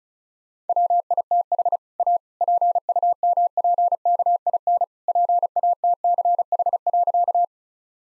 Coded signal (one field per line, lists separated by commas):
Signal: Morse code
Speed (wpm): 34 wpm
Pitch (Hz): 700 Hz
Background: none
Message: WITH A PUMPKIN PATCH.